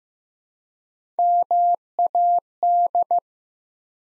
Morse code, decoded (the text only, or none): MAD